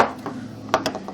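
A cylinder head of an airsoft spring rifle (WELL MB03 / VSR-10) is unscrewed by hand until the spring pushes the piston and cylinder head out of the cylinder. A sharp metallic pop sounds at 0.7 s, followed by a few lighter knocks as the parts come free. The cylinder head is released.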